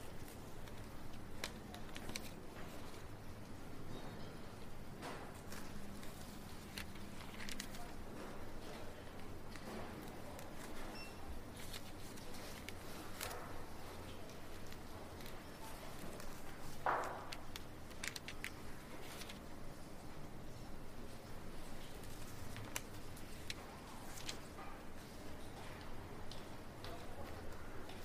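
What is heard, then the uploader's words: Library ambience with a steady low hum and a soft, continuous murmur. Scattered small knocks, taps and rustles come every few seconds, with a brief brighter clink near the seventeen-second mark. Faint traffic noise sits underneath throughout. Library Ambiance. This calm and quiet library.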